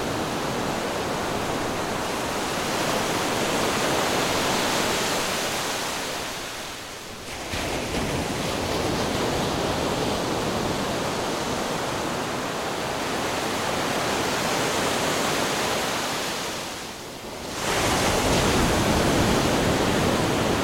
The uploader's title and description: Ocean Waves Crashing Ambient Sounds. On a beach in Hawaii